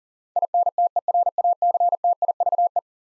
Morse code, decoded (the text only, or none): INTERACTIVE